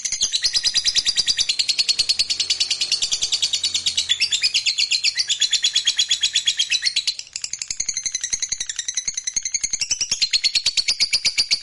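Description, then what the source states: Lovebird producing a long, continuous, high-pitched chattering trill of rapid pulses, briefly dipping then resuming with varied warbled notes. Fighter-type lovebird giving a long ngekek (ngekek panjang).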